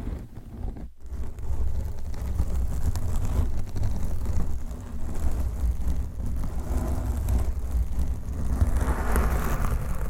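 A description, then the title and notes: Dense, low rumbling scratching and rubbing against a microphone, nearly continuous after a brief dropout near the first second, with brighter rustles later. ASMR Mic Scratching with 100 DIFFERENT MIC COVERS & MICS! No Talking for Sleep with Long Nails.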